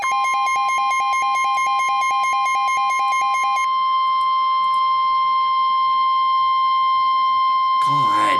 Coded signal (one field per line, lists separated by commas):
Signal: Emergency Alert System (SAME) tones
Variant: 1050 Hz attention tone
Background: speech